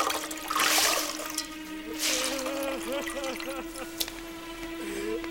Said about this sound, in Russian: В общей спальне, присев на кровать, юнкер отжимает полотенце и сворачивает его в тугой жгут.